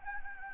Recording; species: mosquito wingbeat signal from an infrared sensor; Anopheles gambiae